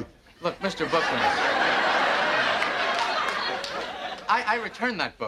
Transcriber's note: laughter